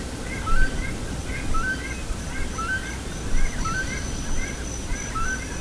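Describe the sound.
Bird calls, brief rising chirps repeated several times against continuous low rumbling noise.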